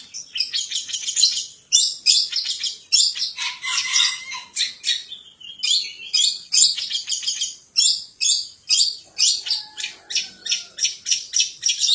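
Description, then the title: Long-tailed shrike song: a long, rapid stream of dry chattering and buzzy notes, briefly broken by a lower whistled phrase. "Cendet"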